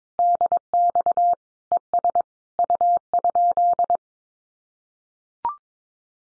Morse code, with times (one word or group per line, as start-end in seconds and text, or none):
0.2-1.3 DX
1.7-2.2 ES
2.6-4.0 U?